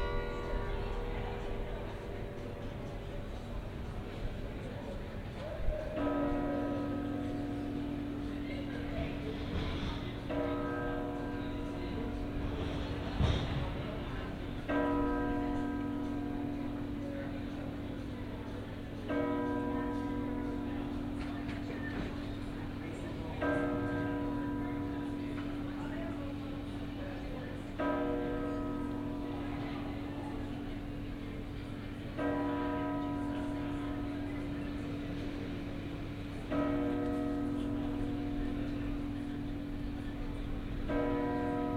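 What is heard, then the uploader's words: Carillon bells at Sint Janskerk in Gouda ring out in a slow, regular pattern, a strike roughly every four to five seconds, each tone lingering and overlapping the next. A steady low hum and faint voices run underneath, with a brief louder clatter around thirteen seconds. Carillon, Sint Janskerk, Gouda, Netherlands in June 2023 – by Paul Ridout. Here are some Dutch bells from last week. Stayed overnight in Gouda where I went to the market square just before 11pm.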